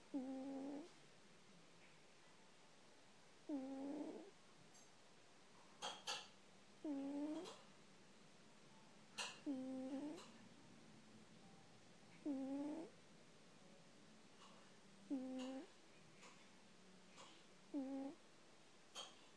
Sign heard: Snoring cat.